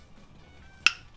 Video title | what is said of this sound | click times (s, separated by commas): How to can jam using a water bath (2020) | was it so once you hear that popping it means it's ready and now it's good | 0.9 s